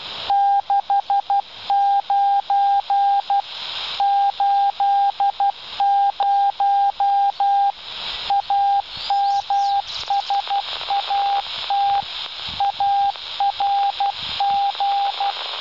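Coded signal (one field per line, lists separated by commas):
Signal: Morse code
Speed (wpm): 12 wpm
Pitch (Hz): 800 Hz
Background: radio noise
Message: 69 80 AMSAT ARG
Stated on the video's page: Received mobile from an experimental repeater aboard a glider, on a Dj195 handheld with half-wave antenna, 146 MHz.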